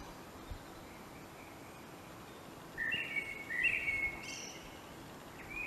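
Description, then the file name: Common blackbird giving a short song phrase: low, rich fluting notes that rise into squeaky, high-pitched notes, after quiet background hiss. "Turdus merula"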